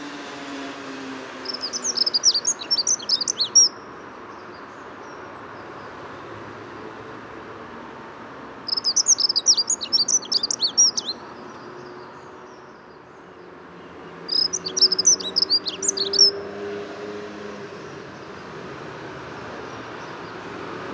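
A bird sings in the Bois de Vincennes, repeating a bright, rapid, twittering phrase three times, at about 2, 9 and 15 seconds, each lasting around two seconds. Between the phrases a steady low hum and murmur fill the background.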